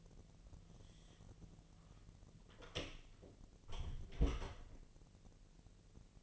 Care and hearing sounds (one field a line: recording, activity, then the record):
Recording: daily activity, microphone in the room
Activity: close door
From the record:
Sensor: 4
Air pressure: 1002.2 hPa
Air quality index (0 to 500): 249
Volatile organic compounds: 42 ppm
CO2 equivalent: 3183 ppm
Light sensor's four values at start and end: 9/21/8/8 and 10/22/9/8